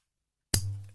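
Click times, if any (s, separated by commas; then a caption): 0.5 s. A plastic belt clip is lined up with the guides on the back of a Motorola T260 handheld two-way radio and pushed in. After half a second of silence, one strong, sharp click lands at 0.5 s, followed by a low ringing tail that fades out by the end. The clip is seated on the radio.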